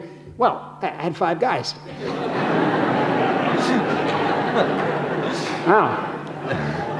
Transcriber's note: laughter